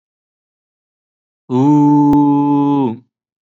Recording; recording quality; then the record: sustained vowel as in boot; excellent, no background noise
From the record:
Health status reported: COVID-19 positive, mild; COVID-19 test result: positive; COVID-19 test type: RT-PCR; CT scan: not taken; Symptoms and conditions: cold, sore throat, muscle pain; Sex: male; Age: 30 years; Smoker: yes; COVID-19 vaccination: both doses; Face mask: worn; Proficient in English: yes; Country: India